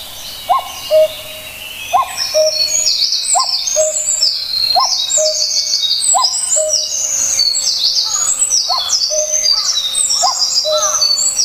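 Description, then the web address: Common cuckoo giving its two-note cu-coo call over and over, a higher first note dropping to a lower second, with a busy chorus of high chirping songbirds. "sikioto. kakkou"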